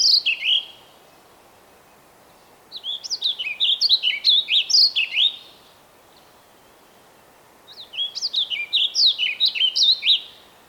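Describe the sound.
A songbird repeats its song: the end of one phrase, then two lively bursts of high, falling, slurred whistles, spaced about five seconds apart.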